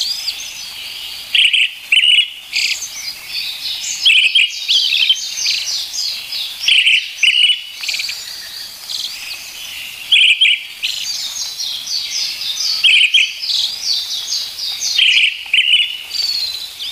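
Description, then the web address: Brown-headed thrush song phrases, each a quick loud couplet, recurring every few seconds amid dense high twittering. "sikioto. akahara"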